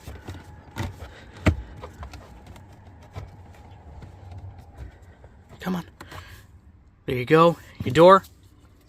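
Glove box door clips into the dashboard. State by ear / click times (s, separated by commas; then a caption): not seated / none. The glove box door of a Ram 1500 TRX is handled as it goes back onto the dashboard after a cabin filter replacement, producing light knocks and a sharp tap around 1.5 s, and someone talks near the end. Nothing has seated yet; the door's plastic clips have not clicked into place.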